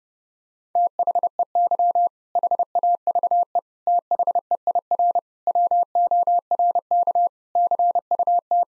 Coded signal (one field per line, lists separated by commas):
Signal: Morse code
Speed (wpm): 32 wpm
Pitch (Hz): 700 Hz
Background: none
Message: THEY HAVE THEIR WORK CUT